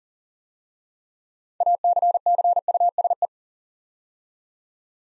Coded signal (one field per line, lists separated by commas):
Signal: Morse code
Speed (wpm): 42 wpm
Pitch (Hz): 700 Hz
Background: none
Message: ACCUSE